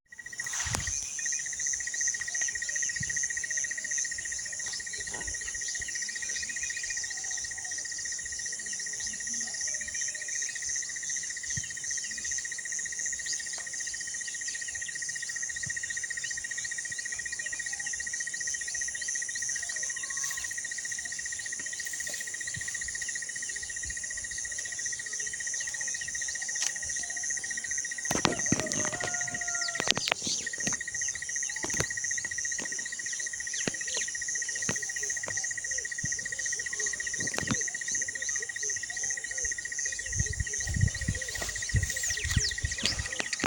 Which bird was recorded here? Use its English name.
Crested Barbet